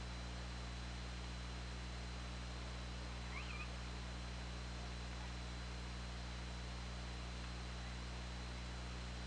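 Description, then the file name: Killer whale call, one short harmonic note rising sharply then dipping, heard once amid continuous underwater hiss and low droning hum. OrcaLab underwater hydrophone, 24 August 2017, about 20:07. "Orca Lab 20170824 200722"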